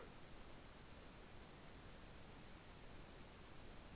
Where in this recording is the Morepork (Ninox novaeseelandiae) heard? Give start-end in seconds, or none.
none